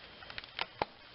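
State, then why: Seated. The metal-rod fuel level float arm of a 1996–2002 Caravan, Voyager or Town and Country fuel pump module is pushed into its plastic holder on the module after a small retaining clip is removed. A few light ticks and scrapes are heard before a sharp snap at 0.8 s as the arm seats into place.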